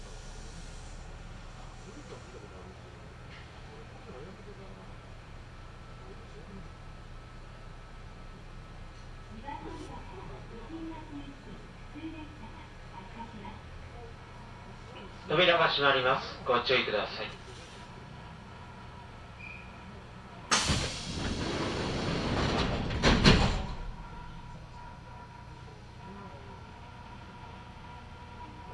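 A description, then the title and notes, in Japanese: Aboard a Kintetsu Nagoya Line local train, a low steady rumble runs throughout, with faint voices in the first half. Around 15 seconds a brighter burst of chatter or squealing appears, and from about 21 to 23 seconds a loud hissing roar swells, then settles. 近鉄名古屋線各駅停車 白子→津新町。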